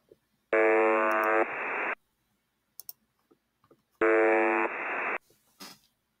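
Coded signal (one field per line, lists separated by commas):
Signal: channel marker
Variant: UVB-76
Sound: two harsh low buzzes about 1.4 seconds long, with faint clicks between them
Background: radio static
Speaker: let me get the buzzer going and because you know things are happening so maybe we'll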